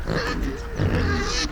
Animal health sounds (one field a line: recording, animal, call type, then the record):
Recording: contact call of a hoofed animal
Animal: wild boar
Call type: grunt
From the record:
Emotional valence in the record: negative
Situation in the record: naturally occurring agonistic interactions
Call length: 1.52 s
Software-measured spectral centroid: 2550 Hz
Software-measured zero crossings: 1950 a second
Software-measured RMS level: -24 dBFS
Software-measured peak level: -10 dBFS